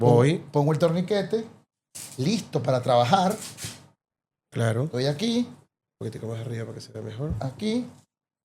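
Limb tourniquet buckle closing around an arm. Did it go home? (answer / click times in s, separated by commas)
no / none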